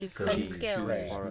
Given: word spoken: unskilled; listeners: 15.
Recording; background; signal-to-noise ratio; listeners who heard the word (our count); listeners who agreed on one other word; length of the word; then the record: one English word in noise, from a listening test; four-talker babble; -2.5 dB; 0 of 15; 9 of 15; 0.91 s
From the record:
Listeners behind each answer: 9, 2, 2, 1, 1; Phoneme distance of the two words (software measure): 14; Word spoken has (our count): 2 syllables, 7 phonemes, stress on syllable 1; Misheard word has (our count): 1 syllable, 5 phonemes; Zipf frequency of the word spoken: 2.88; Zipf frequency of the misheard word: 3.95